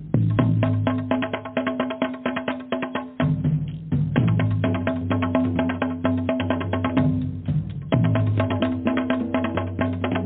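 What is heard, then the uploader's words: Fast, steady drumming with tightly packed, regular hits over a deep, sustained low tone. The sound is loud but muffled, with no bright top. Brief changes near three and eight seconds, where the low tone shifts before the pattern resumes. DRUMMING SOUNDS,VIBRATION FREQUENCIES.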